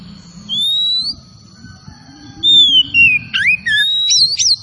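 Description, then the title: Oriental magpie-robin giving long pure whistles, one rising, then slurred falling and wavering notes, with a low background hum throughout. Tretes variety; singing vigorously (gacor). "Kacer Tretes Gacor"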